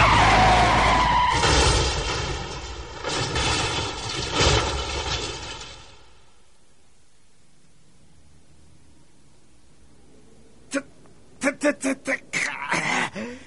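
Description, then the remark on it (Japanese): A loud, sustained tire screech as Kakyoin suddenly slams on a car's brakes in a JoJo drama, lasting several seconds before fading, followed after a quiet pause by a burst of sharp clattering impacts. “しかし、カキョインがとっさに急ブレーキを踏まなければ今頃。”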